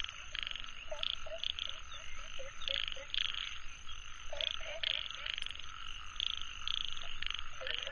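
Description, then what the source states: Frogs croaking in a chorus, short repeated calls over a steady high hum. Nature soundscape.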